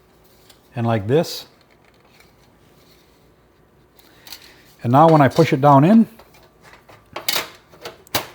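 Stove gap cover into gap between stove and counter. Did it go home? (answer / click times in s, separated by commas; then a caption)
yes / 7.3 s, 8.2 s. A stainless steel stove gap cover, its tabs already pushed in, is pressed down into the gap between a stove and a counter while someone talks. Sharp clicks at 7.3 s and 8.2 s mark it snapping into place, after which it no longer moves.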